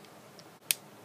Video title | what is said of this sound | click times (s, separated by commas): TFA Reviews: Studio Series 15 Rebekah's Garage | saw them in on those two ports and it will stick you'll hear our very nice satisfying snap all | 0.7 s